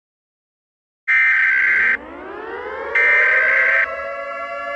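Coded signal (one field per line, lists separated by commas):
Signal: Emergency Alert System (SAME) tones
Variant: header bursts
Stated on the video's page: Fictional EAS scenario, simulated alert.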